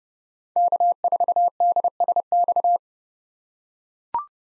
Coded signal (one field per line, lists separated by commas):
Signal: Morse code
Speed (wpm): 31 wpm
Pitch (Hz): 700 Hz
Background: none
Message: K4DSX